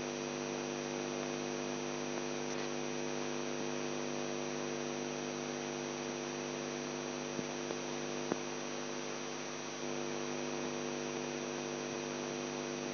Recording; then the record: brain microelectrode recording played as sound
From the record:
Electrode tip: outside the subthalamic nucleus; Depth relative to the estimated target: 4 mm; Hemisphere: left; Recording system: AlphaMap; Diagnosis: Parkinson's disease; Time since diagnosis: 11 years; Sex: male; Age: 42 years